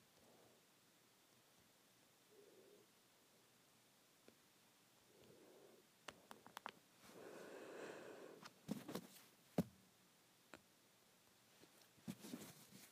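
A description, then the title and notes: Soft rustling of hair being handled, quiet at first, then denser scratchy brushing and sharp crackles in the second half. ASMR Playing with my Hair.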